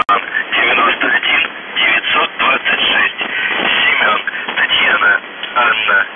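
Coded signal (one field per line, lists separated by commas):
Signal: numbers station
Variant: UVB-76 voice message, Russian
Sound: a voice speaking words over hissy shortwave radio noise, no buzzing tone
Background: radio static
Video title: The Buzzer/UVB-76(4625Khz) August 11, 2021 15:53UTC Voice message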